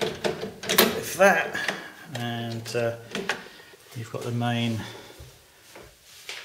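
A gas boiler's hinged plastic control panel is pushed up into the casing and clicks into place. Short hits sound near the start, with the clicks at about 0.7 s and 0.8 s, and another knock comes near the end. Someone talks throughout.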